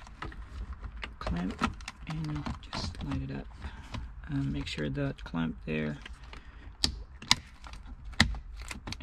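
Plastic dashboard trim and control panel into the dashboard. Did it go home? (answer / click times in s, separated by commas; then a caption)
yes / 7.3 s, 8.2 s. Plastic dashboard trim and the aircon control panel on a Peugeot 308 T7 are refitted into the dashboard, with the plastic clips and clamp pressed home while someone talks. Light tapping and handling noises lead into several sharp plastic clicks, the loudest at 7.3 s and 8.2 s. The clips lock in and the trim is seated.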